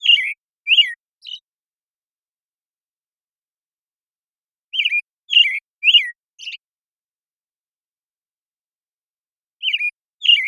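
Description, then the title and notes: American Robin singing groups of a few warbled whistles, the full groups ending in a thin high note, separated by pauses of several seconds. Morning song in a very long sequence, made with a parabolic recorder and processed clean with natural pacing kept; Pacific Northwest, Washington, United States. "American Robin Morning Song. American Robin, Turdus migratorius, morning song, very long sequence, parabolic recording. Recorded in the beautiful Pacific Northwest, Washington, United States"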